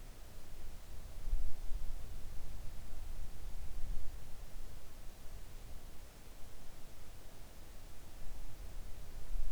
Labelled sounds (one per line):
near silence